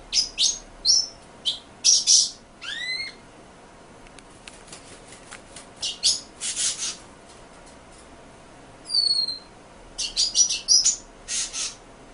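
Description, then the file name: Pin-tailed whydah song in short bursts of sharp, high chirps and swept whistles, separated by quiet gaps of under a second to a few seconds. "suara pintailwydah omkicau"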